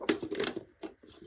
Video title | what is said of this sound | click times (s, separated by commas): FAKİR STONE 4048 INOVATÖR 4048 SÜPÜRGE ÇALIŞTIRDIKTAN HEMEN SONRA NEDEN DURUR? NASIL TEMİZLENİR? | kilitli bölgeye doğru çevirdik. kilitlendi. | 0.1 s